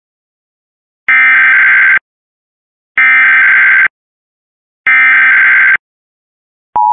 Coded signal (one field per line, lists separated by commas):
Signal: Emergency Alert System (SAME) tones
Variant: header bursts